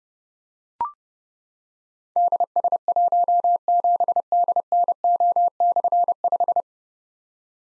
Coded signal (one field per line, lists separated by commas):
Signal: Morse code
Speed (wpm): 30 wpm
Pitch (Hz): 700 Hz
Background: none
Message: DS17DNO/5